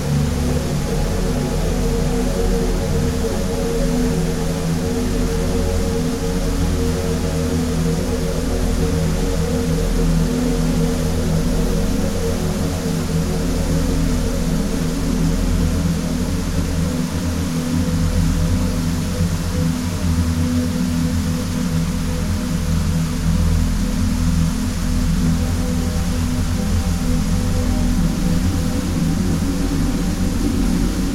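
Water flows in a steady, unbroken rush, layered over deep, sustained music made of low droning tones that hold and shift only slightly. The sound stays even in loudness from start to finish, with no distinct events standing out.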